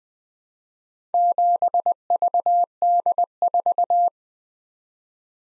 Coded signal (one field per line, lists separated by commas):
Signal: Morse code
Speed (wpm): 20 wpm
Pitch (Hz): 700 Hz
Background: none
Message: 7VD4